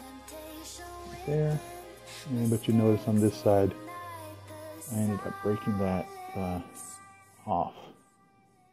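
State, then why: Not seated. A small plastic hooked piece is handled on the helmet of a custom 1/6 scale Hot Toys Iron Man Mk 17 Heartbreaker figure, where the hook on one side has been broken off. Someone talks over background music. The piece has not yet been pushed down and locked, so nothing has seated or clicked yet.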